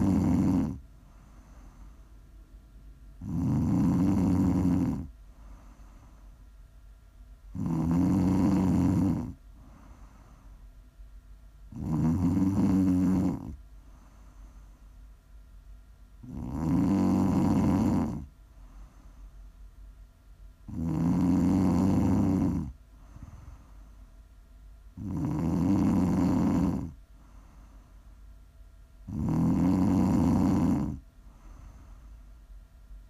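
Loud, rasping snores repeat steadily about every four seconds, each lasting over a second, with a low, quiet hum filling the pauses.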